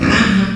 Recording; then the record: squeal of a Yucatan mini pig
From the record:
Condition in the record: after surgery on the right vocal fold (resection and tissue-engineered implant); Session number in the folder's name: 11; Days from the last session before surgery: 98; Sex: female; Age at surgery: 19 weeks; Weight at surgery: 25 kg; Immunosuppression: prednisolone